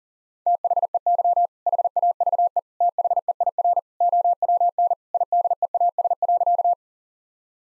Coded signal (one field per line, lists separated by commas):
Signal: Morse code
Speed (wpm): 40 wpm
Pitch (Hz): 700 Hz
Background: none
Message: THEY HAVE THEIR OWN IDEAS.